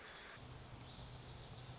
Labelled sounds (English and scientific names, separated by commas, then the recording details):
Pacific Wren (Troglodytes pacificus)
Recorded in Sonoma County, California